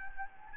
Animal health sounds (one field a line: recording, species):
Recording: mosquito wingbeat signal from an infrared sensor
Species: Anopheles gambiae